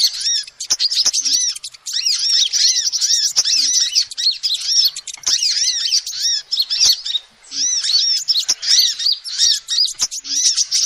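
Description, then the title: Lovebirds squeak and twitter almost without letting up, shrill arched notes packed tightly, a short lull, and scattered sharp clicks. Recording used as a lure to trap birds. "PIKAT BURUNG LOVEBIRD"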